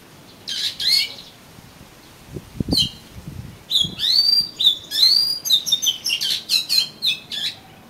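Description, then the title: Oriental magpie-robin song, a quick run of sweet slurred whistles and chattering notes after a short opening phrase, with some low thumping in the background. "Kacer Kacer"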